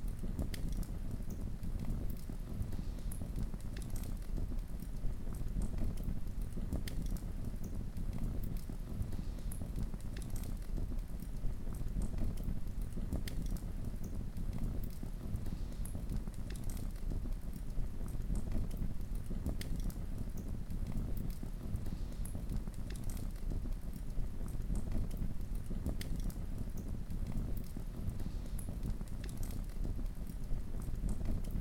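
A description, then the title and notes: A campfire crackles steadily, with sharp bright pops and snaps landing every second or so throughout. Beneath them runs a constant low, rushing roar of the flames, and the overall loudness stays even from start to finish. Crackling Campfire ASMR | Relaxing Fire Sounds. The warm, flickering flames and the rhythmic, soothing crackles.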